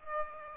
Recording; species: mosquito wingbeat signal from an infrared sensor; Aedes aegypti